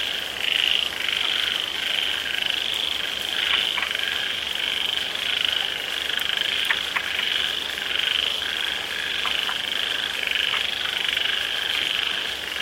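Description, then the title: A frog chorus forms an unbroken high-pitched trill with a fainter lower hum, heard through steady rainfall and occasional pattering drops. Frogs calling in the rain; their sound gradually becomes quieter as the rain grows heavy. "The sound of frogs in the rain - the sound of frogs gradually becomes smaller when the rain is heavy"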